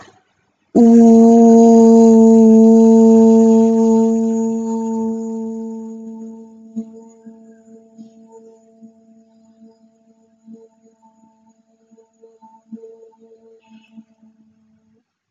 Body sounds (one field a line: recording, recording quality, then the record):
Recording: sustained vowel as in boot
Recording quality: excellent, no background noise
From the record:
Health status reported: healthy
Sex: female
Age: 21 years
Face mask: not worn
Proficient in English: yes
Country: India